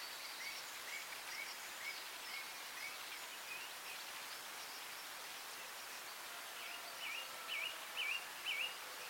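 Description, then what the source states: Birds singing at dawn, a thin whistled note repeated steadily, then loud looping whistles four times in quick succession, over a constant soft hiss of light rain. Dawn chorus with light rain in Anglesey, Wales.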